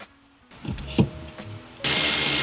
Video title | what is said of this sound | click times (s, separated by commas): This Nissan Navara Hadn’t Been Serviced in Almost 30,000km — Here’s What I Found (Major Service) | Hear the click, we're in. | 1.0 s